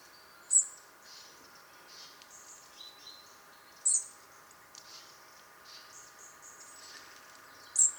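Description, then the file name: European robin giving very high, thin, brief call notes three times, a few seconds apart, with faint softer sounds between. "Erithacus rubecula"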